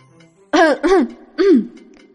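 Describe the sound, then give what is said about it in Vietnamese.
A man gives three short, dry throat-clearing coughs, the first two quick together and the third after a brief pause, harsh and raspy with no speech around them. “Triệu Phổ ho khan một tiếng”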